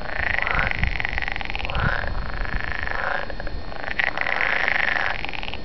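Frog croaking in harsh, nasal bursts, one after another, with a pause midway, over low rumbling noise.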